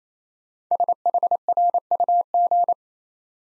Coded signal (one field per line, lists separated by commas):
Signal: Morse code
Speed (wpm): 29 wpm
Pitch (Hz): 700 Hz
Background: none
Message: SHRUG